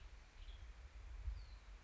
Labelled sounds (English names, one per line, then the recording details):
Western Tanager
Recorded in Sonoma County, California